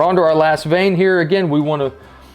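An arrow nock sits in the rotating receiver of a plastic fletching jig, being handled for the last vane. Someone talks throughout, then the sound drops to quiet background near 1.9 s. Nothing has been turned into the indexing click or seated yet.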